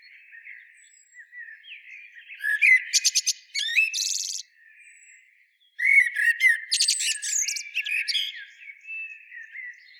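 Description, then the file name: Eurasian blackbird singing two phrases of low whistles and fast, high, scratchy twitters, with a brief pause between them. "Turdus merula"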